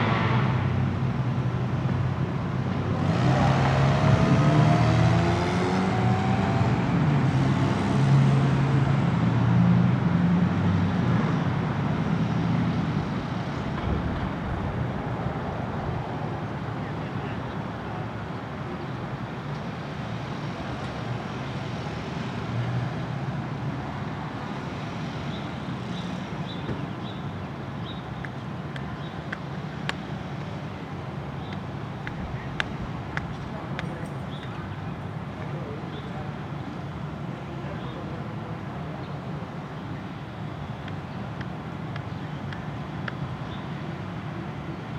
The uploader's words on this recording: Ext, Brooklyn Roof. By Bandeto.